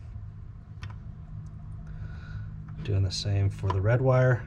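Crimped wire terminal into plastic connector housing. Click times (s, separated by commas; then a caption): 0.8 s. A crimped wire terminal for a CRF450L front blinker is pushed into a plastic connector housing, and its locking tab catches with a small tick at 0.8 s. Someone then talks over a low background hum. The terminal is seated and locked in the housing.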